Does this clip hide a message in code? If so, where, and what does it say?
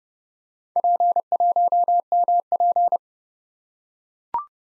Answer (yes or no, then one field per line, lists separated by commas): yes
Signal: Morse code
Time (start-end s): 0.8-3.0 s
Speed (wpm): 29 wpm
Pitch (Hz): 700 Hz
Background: none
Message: P1MP